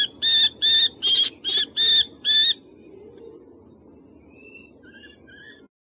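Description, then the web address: Common kestrel calling a quick series of six loud, piercing kee notes, then a few faint, thin notes over a soft low rumble. Recorded in Uzbekistan. "Uzbek hayvonlar. Falco tinnunculus"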